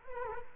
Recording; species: mosquito wingbeat signal from an infrared sensor; Culex quinquefasciatus